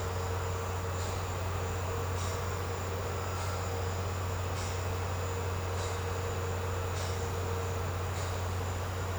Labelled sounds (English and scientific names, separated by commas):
none